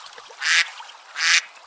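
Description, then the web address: Duck quacks: two loud, harsh calls about three-quarters of a second apart. "sonidos duck"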